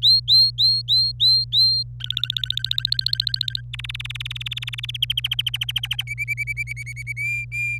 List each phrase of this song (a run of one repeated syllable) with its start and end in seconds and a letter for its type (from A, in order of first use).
0.02-1.83 A, 2.01-3.61 B, 3.73-4.97 C, 5.02-6.03 D, 6.07-7.13 E, 7.17-7.78 F